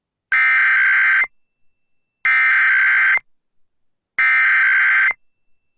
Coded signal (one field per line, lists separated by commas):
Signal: Emergency Alert System (SAME) tones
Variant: header bursts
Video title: [Part 1] Alerts from 4/6/23 - 6/14/23 [EAS #367-399]